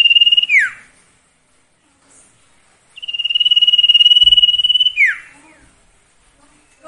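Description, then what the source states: Sirtu song: two pulsed trills, the first cut off at the start, the second about two seconds long, each ending in a steep downward slur, with a few soft knocks in the background. Masteran recording made for training cage birds, presenting the full variety of the song.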